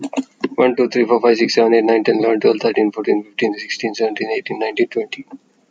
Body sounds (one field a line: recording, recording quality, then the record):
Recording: counting at a fast pace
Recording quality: moderate, slight background noise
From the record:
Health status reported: exposed to COVID-19, no respiratory illness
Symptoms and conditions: cough, sore throat, fever, muscle pain, asthma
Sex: male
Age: 26 years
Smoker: no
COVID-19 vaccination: one dose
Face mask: not worn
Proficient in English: yes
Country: India